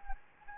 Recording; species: mosquito wingbeat signal from an infrared sensor; Anopheles gambiae